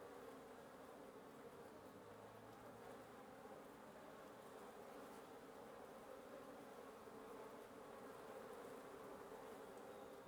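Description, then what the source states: Wasp buzz forms a steady, unbroken humming drone from many insects, level and even from start to finish. Wasp nest under the roof of the recordist's residence at 1a Avenida Norte 19, Antigua Guatemala, Guatemala; recorded in the morning.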